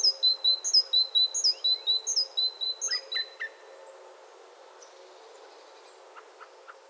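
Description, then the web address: Great tit giving a rapid series of high, clipped two-note calls for a few seconds, followed by a few softer chips and quiet background. "SETE data Parus major"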